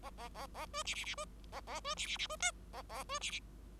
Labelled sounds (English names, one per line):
Bengalese Finch song